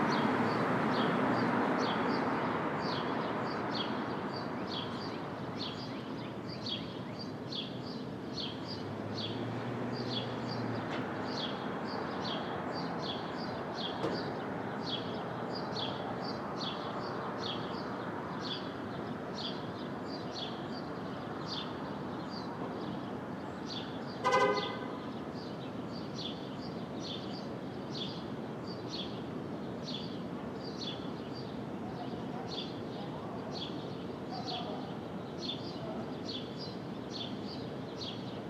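Street traffic at dawn in Brooklyn, a steady rumble with a regular chirping bird throughout and a sharp clank near twenty-four seconds.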